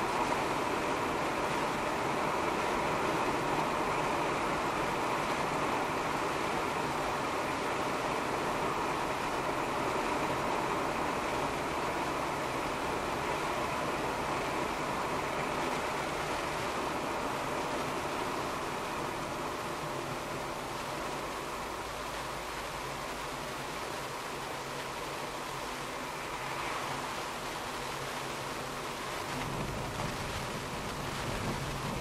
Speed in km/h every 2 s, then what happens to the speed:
76, 78, 78, 76, 74, 71, 70, 68, 66, 59, 54, 51, 50, 49, 49, 48.
4-32 slows to 48.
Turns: none.